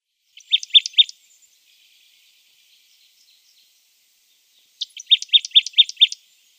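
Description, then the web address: Marsh tit song: a burst of three bright, evenly spaced notes, then after a pause a burst of five. "Schulze Peter Marsh Tit"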